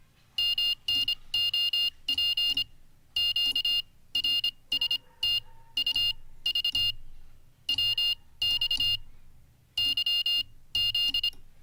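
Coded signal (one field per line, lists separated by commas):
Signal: Morse code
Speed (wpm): 26 wpm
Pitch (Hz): 2800 Hz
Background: none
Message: MNOP QRSTUV WXYZ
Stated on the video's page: Morse code learning practice on a livestream.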